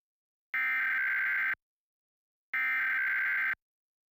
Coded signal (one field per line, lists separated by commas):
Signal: Emergency Alert System (SAME) tones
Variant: header bursts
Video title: KOAA EAS TEST 8_11_2021